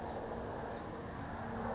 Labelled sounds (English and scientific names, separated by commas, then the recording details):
California Towhee (Melozone crissalis)
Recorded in Sonoma County, California